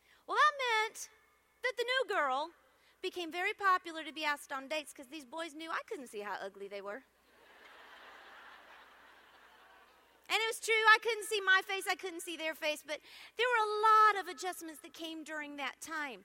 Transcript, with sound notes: Well, that meant that the new girl became very popular to be asked on dates because these boys knew I couldn’t see how ugly they were. (laughter) It was true. I couldn’t see my face; I couldn’t see their faces. There were a lot of adjustments that came during that time.